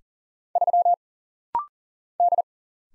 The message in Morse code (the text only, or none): 3 D